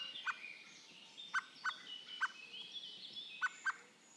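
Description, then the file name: Eurasian blackbird calls: six sharp, clicking chucks scattered irregularly throughout, over a soft wash of birdsong. "Turdus merula"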